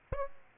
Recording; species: mosquito wingbeat signal from an infrared sensor; Aedes aegypti